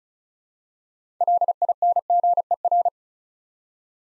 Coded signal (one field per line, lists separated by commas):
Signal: Morse code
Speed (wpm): 36 wpm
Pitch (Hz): 700 Hz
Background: none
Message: LINGER